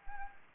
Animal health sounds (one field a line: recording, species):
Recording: mosquito wingbeat signal from an infrared sensor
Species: Anopheles gambiae